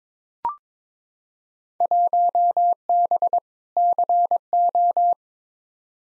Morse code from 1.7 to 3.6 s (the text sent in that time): 1B